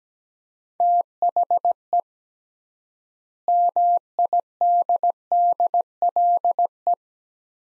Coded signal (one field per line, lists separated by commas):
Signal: Morse code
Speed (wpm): 17 wpm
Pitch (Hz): 700 Hz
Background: none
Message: THE MIDDLE